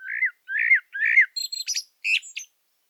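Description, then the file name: Common blackbird song phrase of three mellow, falling fluted notes, followed by a rapid burst of high, squeaky twittering notes. "Turdus merula"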